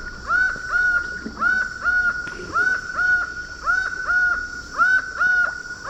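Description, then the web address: Laughing falcon with a rhythmic series of rich, hoarse paired notes, about one pair per second, steady and unbroken, with faint low background noise. Ecuador. "S America Birds of Ecuador. Laughing Falcon"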